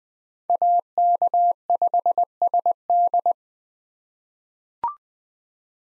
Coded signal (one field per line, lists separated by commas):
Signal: Morse code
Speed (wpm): 20 wpm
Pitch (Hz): 700 Hz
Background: none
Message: AK5SD